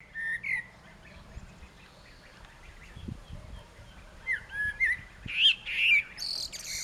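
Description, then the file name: Common blackbird: a brief fluty note, a quiet gap with a few low knocks, then a phrase of warbled whistles ending in a loud, high scratchy twitter. "Turdus merula"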